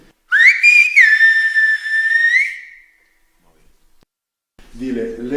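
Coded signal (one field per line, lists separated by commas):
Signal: whistled language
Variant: Silbo Gomero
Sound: a loud gliding whistle rising, dropping and holding, then a voice begins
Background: speech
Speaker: a ver Fátima tú vas a llamar por Cristian dile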